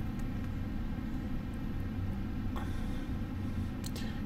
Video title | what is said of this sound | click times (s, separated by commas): ZTE ZMAX LCD Digitizer Replacement Disassembly and Reassembly | should hear it pop or feel it and your finger going into place it's | 3.9 s